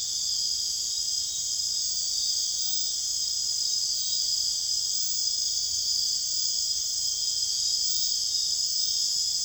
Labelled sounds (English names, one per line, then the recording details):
none
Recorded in secondary vegetation near Puerto Asís, Putumayo, Colombia, on 22 June 2025 at 23:00
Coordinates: 0.485, -76.322
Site GP06